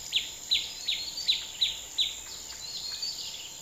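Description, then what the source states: Bird chirps, a series of six quick high notes about every third of a second, fading into softer chatter over a steady high insect hum. Country ambience with birds and crickets.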